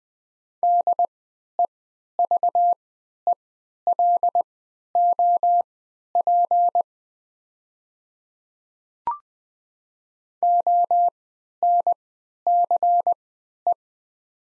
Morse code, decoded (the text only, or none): DEVELOP ONCE